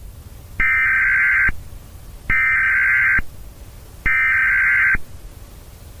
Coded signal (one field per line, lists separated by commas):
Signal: Emergency Alert System (SAME) tones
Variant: header bursts